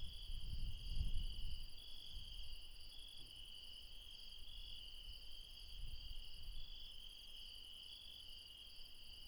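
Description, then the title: Insects chirp in a continuous high chorus, partly masked by low rumbling, especially at the start. Insects recorded late at night in the mountains at Refuge Krevatia, Barbala, Dion, Greece. "Refuge Krevatia, Μπαρμπαλά, Dion 601 00, Greece - Late night mountain insects"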